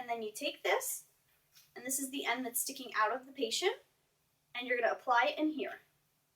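Someone talks while handling the wire end of a fetal scalp electrode, the end that sticks out of the patient, bringing it to the connector on the leg plate of a fetal monitor cable. Only speech is heard, with pauses between phrases. Nothing has seated or clicked yet.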